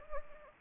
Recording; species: mosquito wingbeat signal from an infrared sensor; Anopheles gambiae